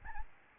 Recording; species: mosquito wingbeat signal from an infrared sensor; Aedes albopictus